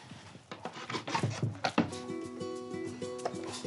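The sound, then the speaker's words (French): The wooden door of a homemade henhouse, kept for eggs, is opened: a few rough scraping rubs of wood, then a sustained, wavering creak that shifts in pitch, moderately loud with no talking. “Je te laisse ouvrir la porte, maman.”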